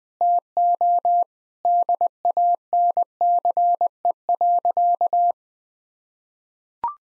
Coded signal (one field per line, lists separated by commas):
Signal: Morse code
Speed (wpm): 21 wpm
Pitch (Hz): 700 Hz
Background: none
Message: TO DANCE.